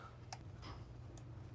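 A plastic throttle actuator linkage arm is handled over its ball stud on the throttle body of a 2008–2013 BMW E92 M3 with the S65 V8, with a steady low hum underneath. A brief sharp tick is heard at about 0.3 s and a fainter one near 1.2 s, but the arm has not yet clipped or seated onto the ball stud by the end.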